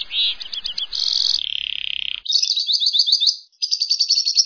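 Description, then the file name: Lovebird chattering, shrill buzzy notes and a brief rattled trill, then quick squeaky chirp series separated by a short pause. Long trill song style called ngekek panjang, used for training lovebirds. "melatih lb ngekekpanjang"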